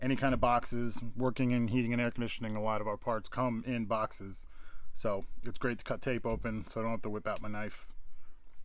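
A utility blade tool on a KeyBar key organizer is being handled while someone talks steadily throughout. Nothing has seated or clicked yet; the blade has not snapped into its locked position against the spring lock bar by the end.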